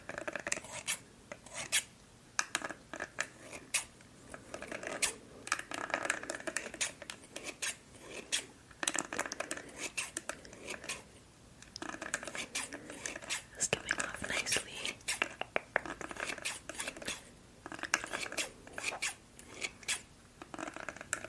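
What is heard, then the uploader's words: A haircut and trim in progress, with quick, crisp snipping and clicking sounds coming in irregular bursts throughout. Short gaps of quiet separate the clusters of cuts, and faint murmured speech and soft handling noises sit underneath. ASMR Haircut & Eyebrow Trim.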